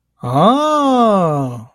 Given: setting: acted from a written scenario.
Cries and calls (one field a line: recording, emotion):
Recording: vocal sound without words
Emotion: awe